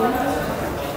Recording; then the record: background sound without coughing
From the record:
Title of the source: 40 min - Ambience sounds UNIVERSITY lunchroom chatting